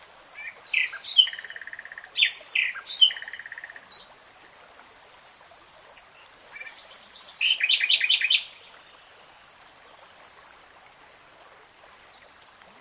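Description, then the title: Nightingale song: rapid repeated chirping phrases, a fast trill around eight seconds, then pauses and thin high whistled notes at the end. Singing, in a 3-hour real-time recording. "[Tiếng chim hót] 3 Hours REALTIME Nightingale Singing"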